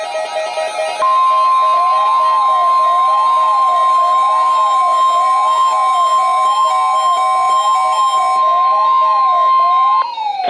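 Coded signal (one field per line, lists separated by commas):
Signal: Emergency Alert System (SAME) tones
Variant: 1050 Hz attention tone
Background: music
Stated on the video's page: NOAA Weather Radio station KEC60 Milwaukee, Wisconsin, required weekly test.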